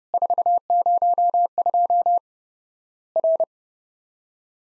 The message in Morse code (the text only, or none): 402 R